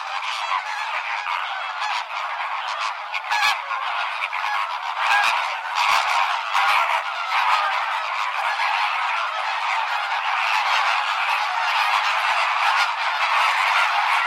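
Bird flock clamoring steadily, a thick wall of honking and gabbling calls that barely varies over the whole stretch.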